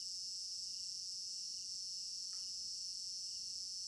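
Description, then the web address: Crickets trilling nonstop in a high, even chorus, with a rhythmic lower pulse and a brief soft sound near the middle. Crickets in an African village garden at night; stereo binaural recording. "African-Village Garden Night Crickets Stereo-Binaural. immersive sound library"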